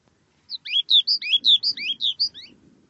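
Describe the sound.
Bird song: a fast, chirpy phrase of about a dozen sweet, slurred notes alternating high and lower, lasting two seconds, then quiet.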